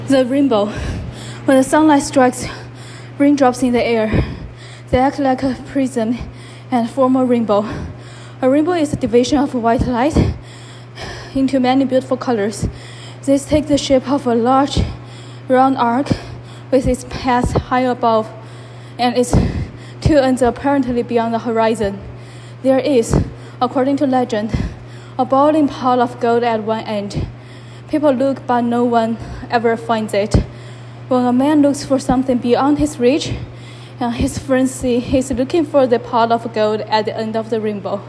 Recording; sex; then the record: reading aloud after running; female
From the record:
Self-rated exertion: vigorous exertion (4 of 6); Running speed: 10 miles an hour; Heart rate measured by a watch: 159 beats a minute at the start, 128 at the end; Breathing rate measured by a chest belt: 39 breaths a minute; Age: 28 years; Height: 155 cm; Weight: 44 kg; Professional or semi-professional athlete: no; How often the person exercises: 3 to 5 times a week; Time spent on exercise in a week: over 5 hours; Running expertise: yes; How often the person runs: 3 to 5 times a week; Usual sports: running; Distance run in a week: 45 km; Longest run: 32 km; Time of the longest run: 200 minutes